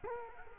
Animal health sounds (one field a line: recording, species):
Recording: mosquito wingbeat signal from an infrared sensor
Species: Culex quinquefasciatus